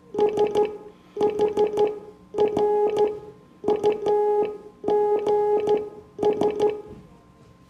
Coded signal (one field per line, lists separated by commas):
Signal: Morse code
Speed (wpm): 13 wpm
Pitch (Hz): 420 Hz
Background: none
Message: SHRUGS